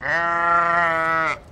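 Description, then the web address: Sheep giving one steady, drawn-out baa lasting over a second, evenly pitched, then cutting off. "Sound Effects-Foundation 1 ANIMAL SHEEP BAA"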